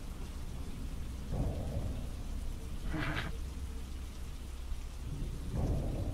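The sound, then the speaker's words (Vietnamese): Steady rain pours down on a yard in a dense, hissing wash, with low rumbles of thunder swelling twice and a brief brighter splash of rain in the middle. “Còn Mích từ ngoài sân mưa chạy sổ vào, toàn thân nó ướt sũng nước mưa.”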